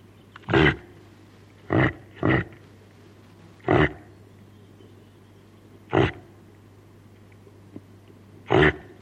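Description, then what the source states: Reindeer calling with brief, gruff grunts, a single one, a pair, then single calls at irregular intervals, over a low hum. Female reindeer calling to her calf.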